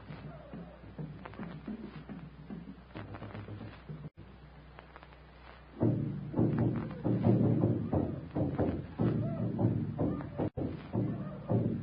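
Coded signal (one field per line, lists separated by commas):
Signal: talking drum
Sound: steady rapid low drum pounding on a hollow wooden log, many strokes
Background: old radio recording hiss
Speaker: The talking drum. That savage pounding on a hollow log with a club. Talking drum is right. Listen.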